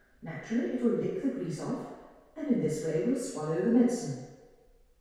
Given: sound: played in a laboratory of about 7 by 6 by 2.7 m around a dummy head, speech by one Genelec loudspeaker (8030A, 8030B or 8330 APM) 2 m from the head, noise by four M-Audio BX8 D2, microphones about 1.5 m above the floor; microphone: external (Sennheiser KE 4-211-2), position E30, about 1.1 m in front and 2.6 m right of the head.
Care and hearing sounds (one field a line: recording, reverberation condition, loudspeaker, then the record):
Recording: female speech in English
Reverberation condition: high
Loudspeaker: in front (0 degrees)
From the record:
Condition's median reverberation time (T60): about 1300 ms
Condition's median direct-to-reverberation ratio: about -4.0 dB